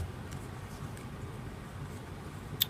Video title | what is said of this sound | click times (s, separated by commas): Tim Holtz Tag Press -NEW At Joann’s and On Sale | and that time I heard it but it still did not press the entire tag so let me do it again | 2.6 s